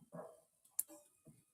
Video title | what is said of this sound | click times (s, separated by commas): Late Night Figz - Taking requests on Marvel, Star Wars, DC, GI Joe, TMNT, Horror, Power Rangers, ... | there we go you can see hear a satisfying click there | 0.8 s